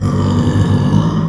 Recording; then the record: squeal of a Yucatan mini pig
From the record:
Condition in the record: after surgery on the right vocal fold (resection and tissue-engineered implant); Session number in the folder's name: 15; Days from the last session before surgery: 175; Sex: female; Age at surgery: 19 weeks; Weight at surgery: 25 kg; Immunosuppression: prednisolone